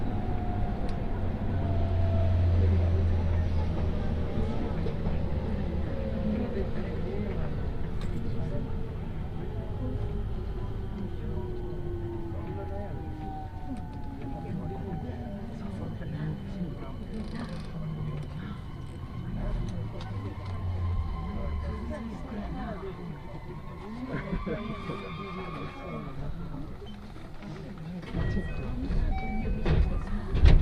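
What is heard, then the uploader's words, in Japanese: A Tokaido Line Special Rapid train runs from Kusatsu toward Shin-Osaka, with a steady low rumble throughout. A motor whine slides down in pitch over the first dozen seconds, and new rising tones appear around 20–26 seconds. Murmured voices sit underneath, and the noise swells near the end. 耳で楽しむ鉄道旅 東海道本線新快速 草津→新大阪。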